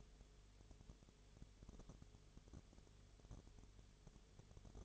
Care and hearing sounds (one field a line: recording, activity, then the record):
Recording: daily activity, microphone in the room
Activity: no activity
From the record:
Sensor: 4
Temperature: 22.0 degrees Celsius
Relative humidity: 29.4%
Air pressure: 1002.1 hPa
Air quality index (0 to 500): 60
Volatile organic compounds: 1 ppm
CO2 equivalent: 610 ppm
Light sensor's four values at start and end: 2/3/1/1 and 2/3/1/1